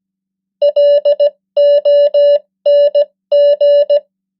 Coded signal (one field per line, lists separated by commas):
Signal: Morse code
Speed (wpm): 17 wpm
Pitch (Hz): 580 Hz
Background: none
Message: LONG